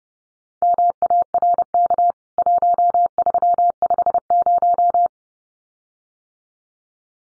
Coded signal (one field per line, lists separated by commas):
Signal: Morse code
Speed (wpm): 30 wpm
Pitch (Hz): 700 Hz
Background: none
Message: MARK 1350